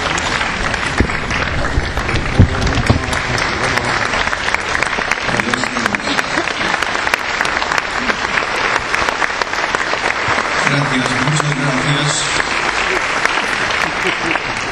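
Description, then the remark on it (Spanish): Sustained applause from a large standing audience welcoming a pastor as the guest speaker, dense steady clapping filling the whole stretch, with brief murmured voices and a few faint tonal sounds rising underneath midway and near the end. “Nos ponemos de pie y un aplauso.”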